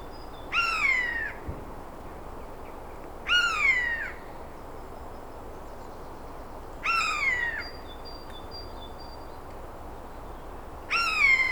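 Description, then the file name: Eurasian jay giving drawn-out, descending mewing calls with a nasal, harmonic tone, four calls spaced several seconds apart over steady background hiss. "Garrulus glandarius"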